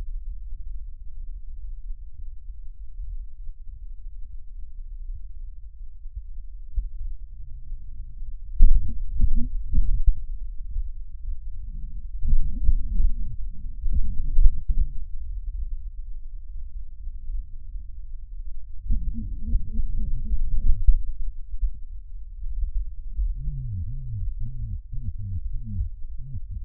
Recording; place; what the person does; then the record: lung sounds by stethoscope; left posterior apical chest; quiet breathing, then cough and speech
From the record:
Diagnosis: pulmonary infection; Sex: male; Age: 74 years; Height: 171 cm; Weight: 80 kg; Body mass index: 27.4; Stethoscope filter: bell mode